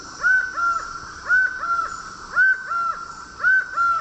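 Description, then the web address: Laughing falcon calling in loud, hollow paired notes, each pair level and even, repeated about once a second over a faint steady hiss. Eastern lowlands of South America. "Natures Songs S America Eastern Lowlands. Laughing Falcon"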